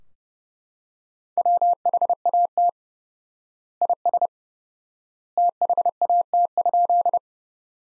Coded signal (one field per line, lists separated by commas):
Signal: Morse code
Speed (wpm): 32 wpm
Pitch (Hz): 700 Hz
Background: none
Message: WHAT IS THAT?